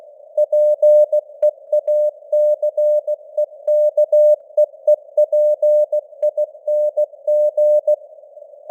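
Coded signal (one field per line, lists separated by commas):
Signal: Morse code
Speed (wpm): 16 wpm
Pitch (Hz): 600 Hz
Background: none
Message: PEACEKEEPING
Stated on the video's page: News headlines sent at 16 wpm with simulated radio noise and varying signal strength (QSB).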